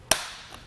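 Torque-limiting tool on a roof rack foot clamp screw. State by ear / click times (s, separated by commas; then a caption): torque reached / 0.1 s. The supplied torque tool tightens the clamp screw on a Yakima RidgeLine roof rack foot for the flush rails of a 2020 Mazda CX-30, and it gives a single sharp click at 0.1 s as it reaches its setting. The click rings off into a fading tail, followed by a faint small tap at about 0.5 s.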